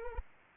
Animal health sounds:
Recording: mosquito wingbeat signal from an infrared sensor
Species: Anopheles arabiensis

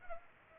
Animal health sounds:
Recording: mosquito wingbeat signal from an infrared sensor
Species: Culex pipiens

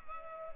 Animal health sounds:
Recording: mosquito wingbeat signal from an infrared sensor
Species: Culex pipiens

